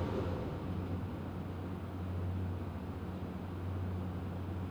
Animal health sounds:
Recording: poultry house recording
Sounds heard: no chicken sound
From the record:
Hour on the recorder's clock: 21

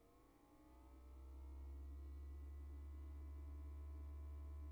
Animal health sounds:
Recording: poultry house recording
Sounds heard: no chicken sound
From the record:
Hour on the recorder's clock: 21

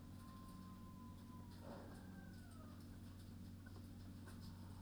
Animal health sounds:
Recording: poultry house recording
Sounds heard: healthy chickens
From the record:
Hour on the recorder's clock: 20

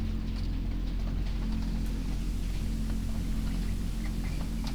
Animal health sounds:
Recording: poultry house recording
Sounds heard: healthy chickens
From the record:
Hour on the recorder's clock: 22

